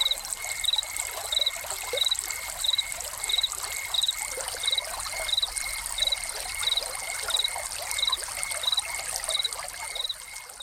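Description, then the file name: Cricket chirps repeat evenly, roughly every two-thirds of a second, with a lower steady chirping line alongside, all set against continuous running, trickling fountain water. Crickets heard together with a fountain. "Crickets and Fountain"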